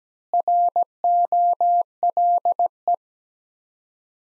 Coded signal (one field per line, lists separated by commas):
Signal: Morse code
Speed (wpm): 17 wpm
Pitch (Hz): 700 Hz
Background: none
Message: ROLE